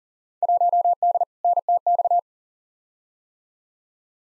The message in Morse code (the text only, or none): 1D NTX